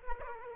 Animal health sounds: mosquito wingbeat signal from an infrared sensor; Aedes aegypti

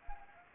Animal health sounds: mosquito wingbeat signal from an infrared sensor; Anopheles gambiae

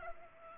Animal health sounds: mosquito wingbeat signal from an infrared sensor; Culex pipiens

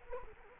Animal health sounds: mosquito wingbeat signal from an infrared sensor; Culex quinquefasciatus

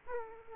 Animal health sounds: mosquito wingbeat signal from an infrared sensor; Aedes aegypti

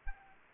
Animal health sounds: mosquito wingbeat signal from an infrared sensor; Aedes aegypti

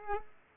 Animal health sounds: mosquito wingbeat signal from an infrared sensor; Culex pipiens

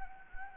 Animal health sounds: mosquito wingbeat signal from an infrared sensor; Anopheles gambiae

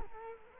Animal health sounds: mosquito wingbeat signal from an infrared sensor; Culex quinquefasciatus

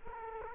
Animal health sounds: mosquito wingbeat signal from an infrared sensor; Culex quinquefasciatus

